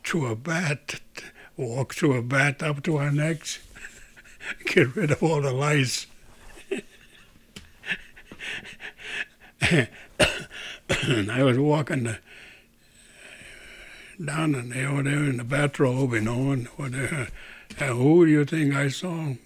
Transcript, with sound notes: through a bath, walk through a bath up to our necks to get rid of all the lice. ( he laughs ) ( he coughs ) I was walking down over there in the bathrobe, you know, and who do you think I saw?